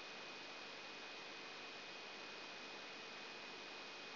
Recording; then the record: brain microelectrode recording played as sound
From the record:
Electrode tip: outside the subthalamic nucleus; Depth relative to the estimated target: -6 mm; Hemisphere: left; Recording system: AlphaMap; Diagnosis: Parkinson's disease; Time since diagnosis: 14 years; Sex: male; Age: 56 years